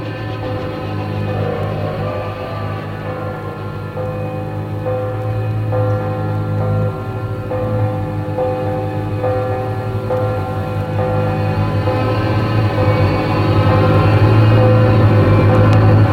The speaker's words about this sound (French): Hé, écoutez! C'est la cloche.